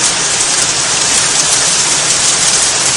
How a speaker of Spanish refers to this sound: quería que ustedes escucharan la lluvia que sigue oyéndose de fondo. Escuchamos un poco más porque seguro que, fíjese con qué fuerza está lloviendo en este momento, con el cielo iluminado por más relámpagos, rayos y centellas, ¿eh?